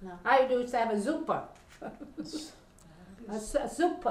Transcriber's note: she laughs